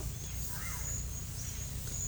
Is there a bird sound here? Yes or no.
no